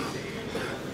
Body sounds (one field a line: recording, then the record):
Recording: coughing mixed with background sound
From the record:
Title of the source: Coughing 77